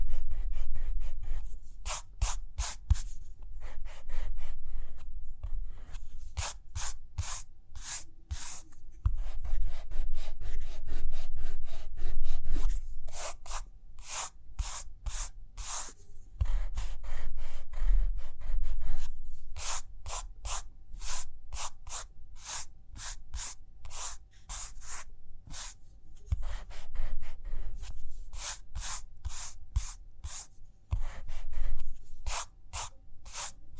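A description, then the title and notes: Pen or pencil strokes scratch across paper in quick bursts of short, bright strokes, arriving in clusters with brief pauses between them throughout. A steady low rumble runs underneath, with occasional soft taps and shuffles. Page Turning and Tapping, Writing, Drawing.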